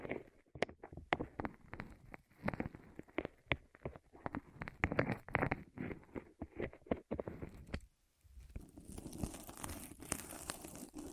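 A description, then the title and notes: ASMR of something rolling over the ears: a dense run of crinkly, crackling rubs and taps, irregular and fast, for about eight seconds. After a brief near-silent gap, a softer, steadier hissing rustle continues to the end. ASMR Rolling On Your Ears (No Talking).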